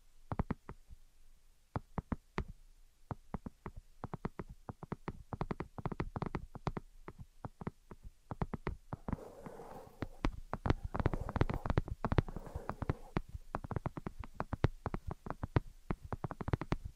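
Invisible tapping and scratching: rapid, irregular sharp taps throughout, with a rougher scratching wash joining between about nine and thirteen seconds.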